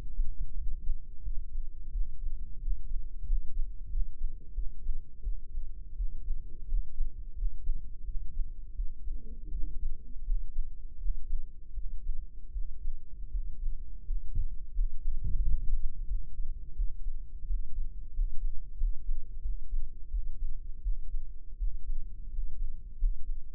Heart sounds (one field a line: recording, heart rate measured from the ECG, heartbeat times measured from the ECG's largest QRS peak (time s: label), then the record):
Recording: heart sounds by microphone in the right ear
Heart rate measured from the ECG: 86 bpm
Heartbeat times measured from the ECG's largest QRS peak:
0.53 s: heartbeat
1.21 s: heartbeat
1.89 s: heartbeat
2.58 s: heartbeat
3.23 s: heartbeat
3.87 s: heartbeat
4.52 s: heartbeat
5.21 s: heartbeat
5.94 s: heartbeat
6.64 s: heartbeat
7.33 s: heartbeat
8.02 s: heartbeat
8.73 s: heartbeat
9.49 s: heartbeat
10.22 s: heartbeat
10.96 s: heartbeat
11.72 s: heartbeat
12.50 s: heartbeat
13.29 s: heartbeat
14.02 s: heartbeat
14.71 s: heartbeat
15.38 s: heartbeat
16.05 s: heartbeat
16.73 s: heartbeat
17.44 s: heartbeat
18.11 s: heartbeat
18.75 s: heartbeat
19.40 s: heartbeat
20.08 s: heartbeat
20.80 s: heartbeat
21.56 s: heartbeat
22.28 s: heartbeat
22.96 s: heartbeat
From the record:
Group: healthy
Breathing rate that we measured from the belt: 16 breaths a minute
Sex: male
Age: 21 years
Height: 180 cm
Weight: 67.5 kg